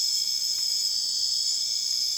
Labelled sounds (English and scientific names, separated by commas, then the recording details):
none
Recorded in secondary vegetation near Puerto Asís, Putumayo, Colombia, on 19 June 2025 at 01:30
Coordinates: 0.485, -76.322
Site GP06